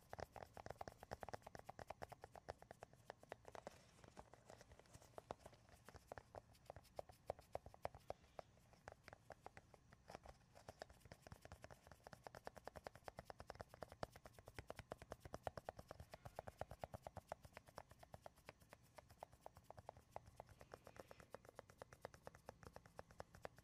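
Fingers tap rapidly on wood, cork and cardboard in a dense, unbroken run of sharp clicks for the whole stretch. The pace stays quick and fairly even, easing slightly around the fourth second before thickening again, with a soft low rustle underneath.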